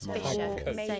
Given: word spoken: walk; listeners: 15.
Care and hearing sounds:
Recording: one English word in noise, from a listening test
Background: four-talker babble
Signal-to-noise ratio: -2.0 dB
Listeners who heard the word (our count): 0 of 15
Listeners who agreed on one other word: 10 of 15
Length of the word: 0.60 s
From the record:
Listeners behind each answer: 10, 2, 1, 1, 1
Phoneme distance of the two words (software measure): 37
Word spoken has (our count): 1 syllable, 3 phonemes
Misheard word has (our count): 2 syllables, 4 phonemes, stress on syllable 1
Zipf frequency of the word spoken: 5.19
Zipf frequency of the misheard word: 3.75

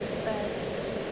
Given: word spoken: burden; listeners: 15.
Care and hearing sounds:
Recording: one English word in noise, from a listening test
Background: speech-shaped noise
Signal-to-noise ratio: -4.1 dB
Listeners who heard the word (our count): 4 of 15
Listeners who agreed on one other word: 9 of 15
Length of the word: 0.72 s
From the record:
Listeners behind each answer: 9, 4, 1, 1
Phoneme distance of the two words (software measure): 7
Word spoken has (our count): 2 syllables, 4 phonemes, stress on syllable 1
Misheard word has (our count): 1 syllable, 3 phonemes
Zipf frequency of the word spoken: 4.06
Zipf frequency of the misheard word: 4.85

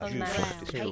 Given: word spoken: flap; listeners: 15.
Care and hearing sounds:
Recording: one English word in noise, from a listening test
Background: four-talker babble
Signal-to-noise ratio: -1.1 dB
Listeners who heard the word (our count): 2 of 15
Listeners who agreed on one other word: 6 of 15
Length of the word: 0.52 s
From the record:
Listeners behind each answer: 6, 2, 2, 1, 1, 1, 1, 1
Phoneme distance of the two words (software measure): 37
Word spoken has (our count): 1 syllable, 4 phonemes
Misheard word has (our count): 1 syllable, 3 phonemes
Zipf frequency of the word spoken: 3.79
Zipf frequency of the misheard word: 4.44

